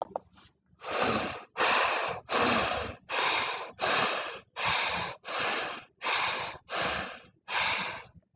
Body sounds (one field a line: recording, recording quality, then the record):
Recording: shallow breathing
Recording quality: excellent, no background noise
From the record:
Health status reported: COVID-19 positive, mild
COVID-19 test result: positive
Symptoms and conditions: fatigue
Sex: female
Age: 24 years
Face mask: not worn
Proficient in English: yes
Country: India